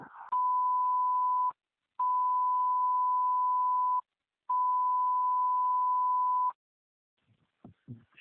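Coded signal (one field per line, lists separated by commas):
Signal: pager alert tone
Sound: three steady mid-pitched tones, about 1 to 2 seconds each, then brief clicks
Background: radio static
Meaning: Alert tones that activate pagers before a dispatch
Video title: Camden County Test Recording After Repairing Pager (Radio Traffic) 3/30/2025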